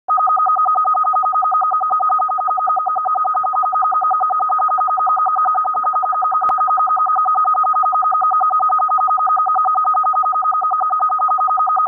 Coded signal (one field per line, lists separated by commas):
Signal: RTTY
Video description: A strange FSK transmission consisting of alternating mark & space tones, which I think could translate as RYRYRY